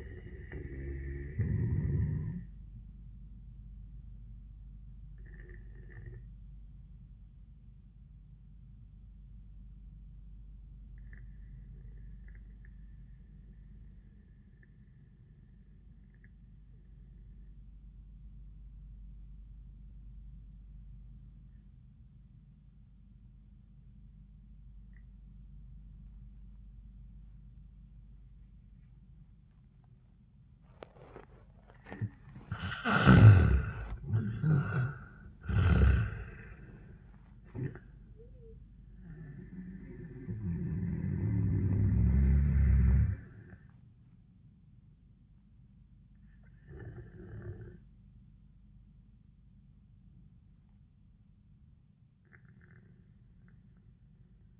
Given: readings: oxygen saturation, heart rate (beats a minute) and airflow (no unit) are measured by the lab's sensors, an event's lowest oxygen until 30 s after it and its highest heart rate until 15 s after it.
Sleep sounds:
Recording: breathing in sleep by a smartphone at the bedside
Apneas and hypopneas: 1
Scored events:
5.00-32.50 s: obstructive apnea (N1, oxygen 98% highest, then 78% lowest, heart rate 92 at the start, 99 highest)
From the record:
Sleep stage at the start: N1 (lightest sleep)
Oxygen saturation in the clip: 79 to 98%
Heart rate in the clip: 74 to 99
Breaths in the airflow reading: 5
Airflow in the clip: -14.7 to 9.4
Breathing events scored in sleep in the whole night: 400 in 8.7 hours asleep

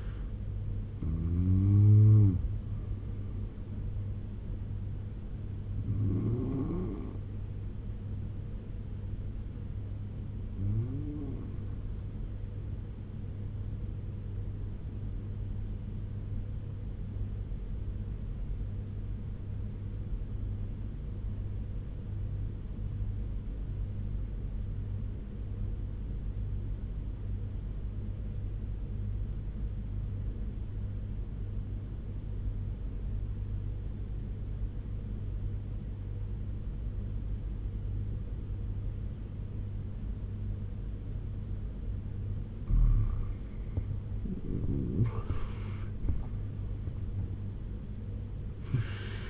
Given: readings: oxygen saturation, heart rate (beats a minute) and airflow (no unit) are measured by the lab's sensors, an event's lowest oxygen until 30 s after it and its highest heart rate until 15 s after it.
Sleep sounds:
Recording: breathing in sleep by a smartphone at the bedside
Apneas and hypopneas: 1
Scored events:
18.00-43.60 s: obstructive apnea (N1, oxygen 97% highest, then 85% lowest, heart rate 75 at the start, 89 highest)
26.00-49.30 s: new sleep stage, N2 (light sleep)
From the record:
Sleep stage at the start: N1 (lightest sleep)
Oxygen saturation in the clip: 85 to 97%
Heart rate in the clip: 73 to 89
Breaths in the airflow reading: 3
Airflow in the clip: -8.1 to 13.2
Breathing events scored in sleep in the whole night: 201 in 6.5 hours asleep

